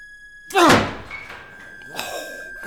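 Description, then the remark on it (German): A heavy, unlocked door is forcefully shoved open, bursting with a loud thunk and a rattling, resonant shudder, followed by a quieter scrape or knock as it settles. A steady high electrical whine runs underneath. “Nee, Sie müssen mal richtig jing drücken. Ist bestimmt nicht abgeschlossen.”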